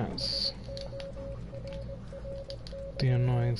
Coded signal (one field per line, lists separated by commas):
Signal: Morse code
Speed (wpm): 20 wpm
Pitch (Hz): 550 Hz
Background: speech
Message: SORRY